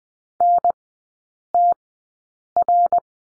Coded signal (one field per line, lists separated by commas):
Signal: Morse code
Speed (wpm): 20 wpm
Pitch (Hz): 700 Hz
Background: none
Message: NTR